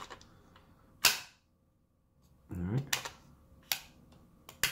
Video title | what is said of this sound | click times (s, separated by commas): Ppq subcompact part 2 | doesn't lock in until you push really hard to get it to lock in then it's okay alright | 1.1 s